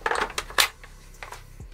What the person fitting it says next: chargeur s'enclenche bien il a quasiment pas de jeu